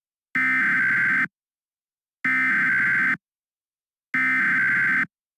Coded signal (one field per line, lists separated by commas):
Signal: Emergency Alert System (SAME) tones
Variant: header bursts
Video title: EAS Scenario - The Revenge of Plant (Preview)